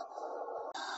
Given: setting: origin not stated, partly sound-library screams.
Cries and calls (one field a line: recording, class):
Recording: one-second piece from a danger detection set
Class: woman in danger